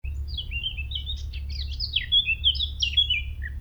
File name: Sylvia atricapilla